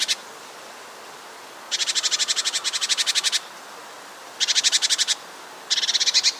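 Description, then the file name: Great tit scolding churr: bouts of fast, dry, rattling buzzy notes, each lasting about half a second to a second and a half, separated by pauses. "Parus major"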